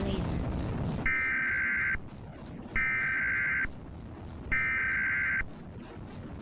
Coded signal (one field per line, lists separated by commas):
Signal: Emergency Alert System (SAME) tones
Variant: header bursts